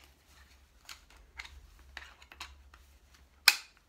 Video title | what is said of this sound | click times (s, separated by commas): Buckle Carrier: Mamaruga Zensling/Zebulo Set-up and Front Carry | Make sure you can hear the clicks, very important. | 3.5 s